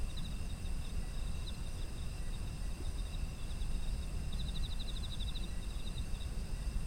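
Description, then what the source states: Insects trilling, scattered chirps then a longer pulsed burst midway, over steady high-pitched tones and a dull low hum. Autumn insects, ambient environmental sound.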